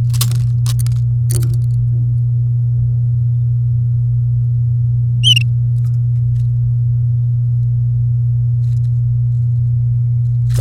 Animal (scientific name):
Serinus canaria